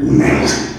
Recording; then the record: squeal of a Yucatan mini pig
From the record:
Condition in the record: after surgery on the right vocal fold (resection and tissue-engineered implant); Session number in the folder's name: 3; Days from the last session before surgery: 33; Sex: male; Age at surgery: 12 weeks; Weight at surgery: 13 kg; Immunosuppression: cyclosporine, prednisolone